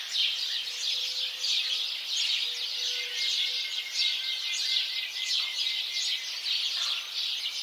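House sparrow chirps massed in a dense, continuous chattering chorus, with faint steady tonal hums running underneath at intervals.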